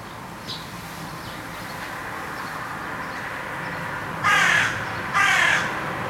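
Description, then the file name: Carrion crow giving two harsh caws near the end after several seconds of steady background noise with faint sounds. "Corvus corone"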